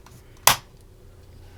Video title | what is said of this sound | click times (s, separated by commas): Build the Thanos Infinity War Gauntlet Stages 47-51 By FanHome - ASMR | gaan dat erin klikken en zo | 0.5 s